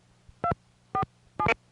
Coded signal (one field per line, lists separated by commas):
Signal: DTMF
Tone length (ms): 80 ms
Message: 247